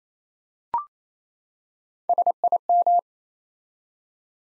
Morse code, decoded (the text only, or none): SIM